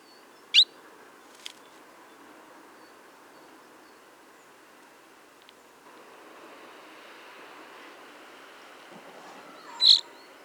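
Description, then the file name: Common chaffinch giving two brief, sharp high calls about nine seconds apart, separated by a steady soft hiss of background noise. "Fringilla coelebs"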